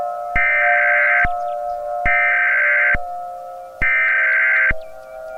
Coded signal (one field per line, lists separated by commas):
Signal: Emergency Alert System (SAME) tones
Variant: header bursts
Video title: EAS Scenario - Wah Wah Springs